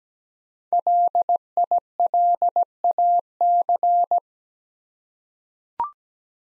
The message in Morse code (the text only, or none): LILAC